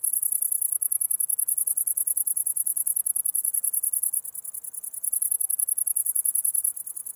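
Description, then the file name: Cricket calling with a continuous high pulsed trill, slightly uneven in loudness, no other clear sounds. Recorded 11 August 2009; several crickets. "20090811 crickets"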